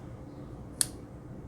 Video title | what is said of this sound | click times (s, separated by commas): Penbbs 456 Symphony - A beautiful material! | of hear that click a little bit so it's doing its job there and really that's it | 0.8 s